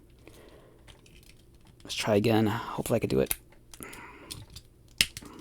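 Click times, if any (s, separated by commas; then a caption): 5.0 s. Someone talks while pushing a small plastic glove accessory onto the hand of an older action figure, retrying after it had not snapped on properly, with faint handling noises throughout. A sharp, loud click at 5.0 s marks the glove snapping on and seating.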